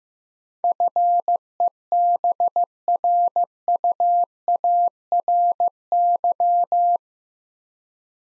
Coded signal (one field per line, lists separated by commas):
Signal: Morse code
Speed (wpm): 15 wpm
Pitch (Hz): 700 Hz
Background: none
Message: FEBRUARY